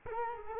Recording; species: mosquito wingbeat signal from an infrared sensor; Culex quinquefasciatus